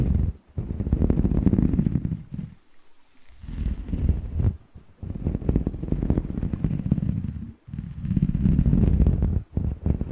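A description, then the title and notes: Ear massage with mouth sounds: dense, muffled rubbing and crackling bursts, heavy in the low end, come in long waves of a second or two. Brief silences break them up, with a longer quiet stretch around the three-second mark. Ear Massage & Mouth Sounds.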